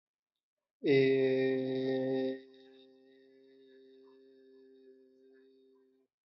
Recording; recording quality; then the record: sustained vowel as in made; excellent, no background noise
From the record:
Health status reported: respiratory illness, not identified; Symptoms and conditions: asthma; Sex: male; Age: 20 years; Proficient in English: yes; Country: India